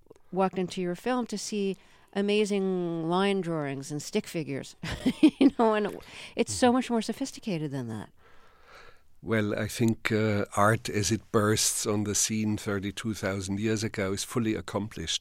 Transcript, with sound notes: walked into your film, to see amazing line drawings and stick figures, you know - (laughter) and it's so much more sophisticated than that.
Well, I think art, as it bursts on the scene 32,000 years ago, is fully accomplished.